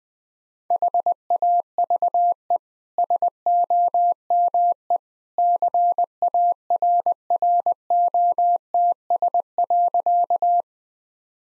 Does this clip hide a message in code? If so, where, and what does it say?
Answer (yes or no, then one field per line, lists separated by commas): yes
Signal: Morse code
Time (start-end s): 0.7-10.6 s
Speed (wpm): 21 wpm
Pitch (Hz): 700 Hz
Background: none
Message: HAVE SOME CARROTS.